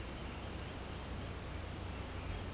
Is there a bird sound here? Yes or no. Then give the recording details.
no. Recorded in pastures near Puerto Asís, Putumayo, Colombia, on 21 March 2025 at 09:00. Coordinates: 0.472, -76.329. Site G074